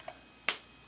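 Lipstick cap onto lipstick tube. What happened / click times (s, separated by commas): The plastic cap snapped shut onto the tube / 0.5 s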